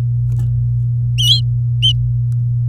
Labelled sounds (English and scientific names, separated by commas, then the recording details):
Domestic Canary (Serinus canaria) song
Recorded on 4 May 2018 at 09:57
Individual llb16